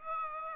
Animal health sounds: mosquito wingbeat signal from an infrared sensor; Aedes aegypti

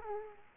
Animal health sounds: mosquito wingbeat signal from an infrared sensor; Culex quinquefasciatus

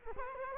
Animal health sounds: mosquito wingbeat signal from an infrared sensor; Culex quinquefasciatus

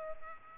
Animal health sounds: mosquito wingbeat signal from an infrared sensor; Culex pipiens

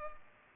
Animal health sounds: mosquito wingbeat signal from an infrared sensor; Culex pipiens

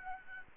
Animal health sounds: mosquito wingbeat signal from an infrared sensor; Aedes albopictus

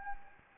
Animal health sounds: mosquito wingbeat signal from an infrared sensor; Anopheles arabiensis

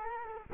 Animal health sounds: mosquito wingbeat signal from an infrared sensor; Culex quinquefasciatus

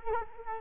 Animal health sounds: mosquito wingbeat signal from an infrared sensor; Culex quinquefasciatus

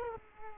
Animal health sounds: mosquito wingbeat signal from an infrared sensor; Culex quinquefasciatus

